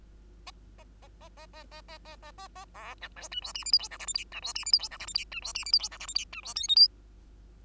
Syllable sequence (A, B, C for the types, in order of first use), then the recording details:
A A A A A A A A A A A A B C D E F G H I J K L M N E F G H I J K L M N E F G H I J K L M N E F O P Q. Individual Bird2